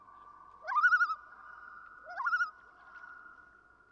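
Common loon gives two wobbling calls, each a rising note ending in a fast tremolo, the second softer than the first.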